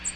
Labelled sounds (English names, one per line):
American Redstart flight call